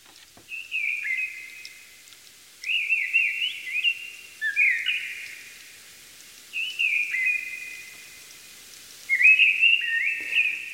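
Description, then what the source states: Mistle thrush song: five short, fluty whistled phrases, each of several notes, separated by brief pauses, against a quiet background. Singing in a forest in Uppland, Sweden; recorded about a week before the broadcast.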